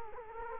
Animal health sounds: mosquito wingbeat signal from an infrared sensor; Culex quinquefasciatus

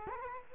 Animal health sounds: mosquito wingbeat signal from an infrared sensor; Culex quinquefasciatus

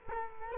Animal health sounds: mosquito wingbeat signal from an infrared sensor; Culex quinquefasciatus

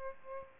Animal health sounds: mosquito wingbeat signal from an infrared sensor; Aedes albopictus

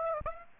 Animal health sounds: mosquito wingbeat signal from an infrared sensor; Aedes aegypti

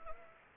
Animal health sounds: mosquito wingbeat signal from an infrared sensor; Anopheles gambiae

